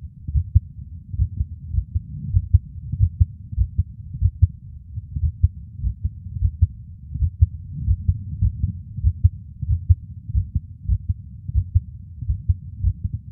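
Animal heart sounds heard by stethoscope, with low-pitched beats whose rate speeds up and slows down in a cyclic pattern: physiologic sinus arrhythmia.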